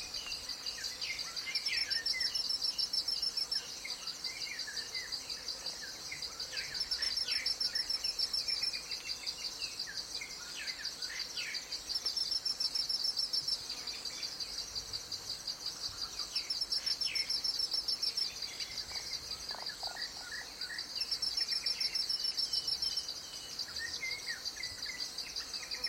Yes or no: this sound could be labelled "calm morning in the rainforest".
yes